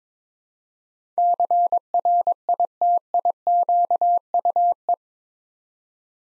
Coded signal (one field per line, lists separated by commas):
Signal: Morse code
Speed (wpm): 22 wpm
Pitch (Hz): 700 Hz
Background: none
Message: CRITIQUE